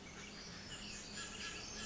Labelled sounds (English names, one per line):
Pacific Wren